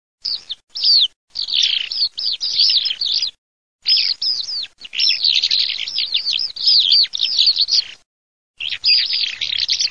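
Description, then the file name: Eurasian skylark song: a fast, continuous stream of high, warbling, twittering notes, broken by short gaps between phrases. "ALLODOLACIP"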